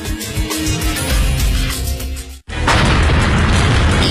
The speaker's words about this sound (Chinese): 1949年11月，沈阳迎来解放，但锦城的第一夜就发生了爆炸。